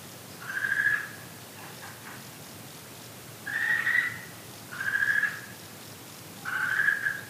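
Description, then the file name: Okinawa green tree frog calls: four level, whistle-like croaks, the later ones coming about every second and a half, with quiet clicking between. "okinawaaogaeru"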